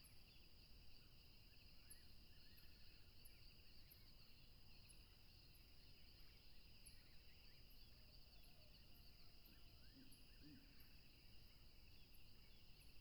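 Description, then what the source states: Cricket chorus holds an even two-pitched trill while faint high chirps repeat, with a few bird notes and a soft low call. Several crickets recorded at a tropical river.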